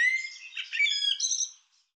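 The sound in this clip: Bird calling with a thin drawn-out note that breaks into a rapid jumble of squeaky, harsh chattering notes, fading and then ending with a short faint chirp.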